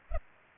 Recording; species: mosquito wingbeat signal from an infrared sensor; Culex pipiens